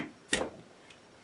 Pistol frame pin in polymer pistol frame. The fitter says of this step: left you can see that popped out pretty easily there